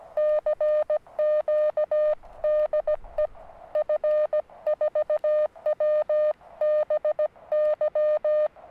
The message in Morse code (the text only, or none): CQ DE F4WBY